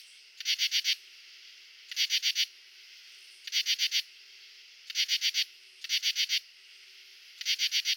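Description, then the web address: Common true katydid giving rasping bursts of about four rapid pulses, six bursts repeated roughly every one and a half seconds, steady high background insect hum. Male calls. "Crickets and Katydids. Pteryphylla camellifolia, male calls"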